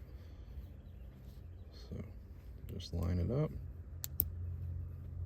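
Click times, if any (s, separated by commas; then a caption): 4.0 s, 4.2 s. A small plastic terminal position lock is lined up and pressed into a rebuilt Ford multifunction switch connector while someone talks. Two sharp snaps are heard at 4.0 s and 4.2 s as the lock seats in the connector.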